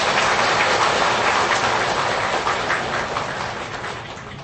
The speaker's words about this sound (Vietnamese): Nhờ Phật cho nên mừng cho các Phật tử được hưởng thọ, trung thọ và thượng thọ. Thêm một tràng pháo tay.